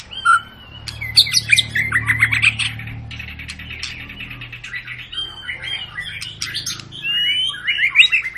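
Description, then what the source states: White-rumped shama song, a busy stream of chattering, clicking and whistled notes over a low steady hum, louder whistled phrases returning near the close. Long, lively (gacor) lure song to make birds sing.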